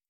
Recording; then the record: hydrophone in a shrimp aquaculture tank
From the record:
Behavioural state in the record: starved